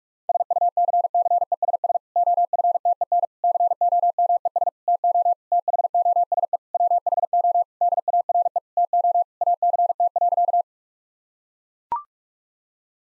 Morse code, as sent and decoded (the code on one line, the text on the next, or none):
... ..- -.-. -.-. . ... ... / --- ..-. - . -. / -.-. --- -- . ... / - --- / - .... --- ... . / .-- .... --- / -.. .- .-. . / - --- / .- -.-. - .-.-.-
SUCCESS OFTEN COMES TO THOSE WHO DARE TO ACT.